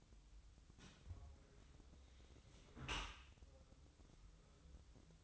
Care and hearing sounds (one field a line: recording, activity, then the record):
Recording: daily activity, microphone in the room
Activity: close dishwasher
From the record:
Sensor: 3